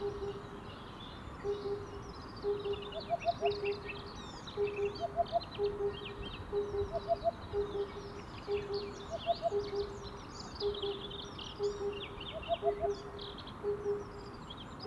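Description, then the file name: Cuckoo-type call of paired low hooting notes repeated roughly every second, interrupted by quick triple notes higher up, with busy twittering birds behind. "minutes of cuckoos"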